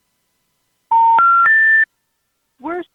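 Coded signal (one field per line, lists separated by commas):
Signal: telephone call progress tone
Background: speech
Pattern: special information tone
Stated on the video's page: Tones from a live prank call show calling trailer parks.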